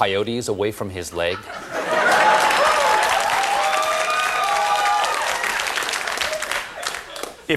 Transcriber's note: soundbite of applause and cheers